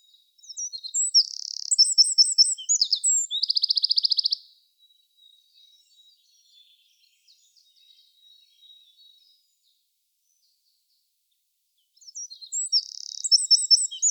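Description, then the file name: Eurasian wren delivering a loud high trilling song phrase, a long pause with faint soft notes, then a second song starting near the end. "Troglodytes troglodytes"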